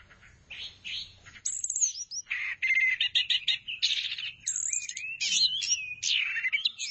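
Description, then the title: Thrush song that starts softly, then bursts into loud, rich warbling with swooping whistles and rapid rattled notes for the remaining seconds. "burung anis x"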